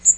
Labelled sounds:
Magnolia Warbler (Setophaga magnolia) flight call

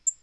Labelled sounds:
Black-throated Green Warbler (Setophaga virens) flight call

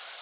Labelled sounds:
Orange-crowned Warbler (Leiothlypis celata) flight call

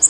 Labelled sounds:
Bay-breasted Warbler (Setophaga castanea) flight call

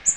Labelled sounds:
Magnolia Warbler (Setophaga magnolia) flight call

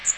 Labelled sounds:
Magnolia Warbler (Setophaga magnolia) flight call

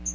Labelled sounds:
Magnolia Warbler (Setophaga magnolia) flight call

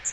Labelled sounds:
Magnolia Warbler (Setophaga magnolia) flight call

